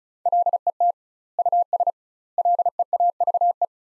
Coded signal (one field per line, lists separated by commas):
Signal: Morse code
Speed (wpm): 34 wpm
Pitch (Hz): 700 Hz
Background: none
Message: LET US LEAVE